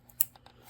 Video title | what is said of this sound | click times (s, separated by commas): 2013 honda civic 1.8l spark plug and coil over boot replacement | Make sure you hear the click there. | 0.2 s